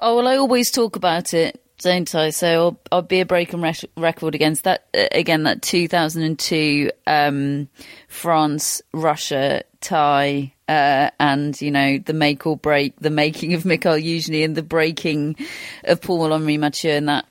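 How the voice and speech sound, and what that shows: An adult talks fluently about tennis memories, with ordinary hesitations and fillers: typical conversational speech.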